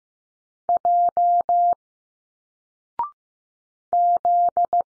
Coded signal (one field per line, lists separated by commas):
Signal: Morse code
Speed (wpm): 15 wpm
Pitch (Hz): 700 Hz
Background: none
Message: J Z